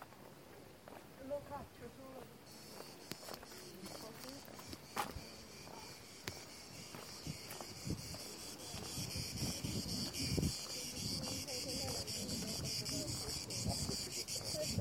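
A street scene in Taormina, Sicily, with voices talking throughout. A steady high insect buzz sets in after a couple of seconds and holds, while scattered clicks and footsteps punctuate the chatter, which grows busier and louder in the second half.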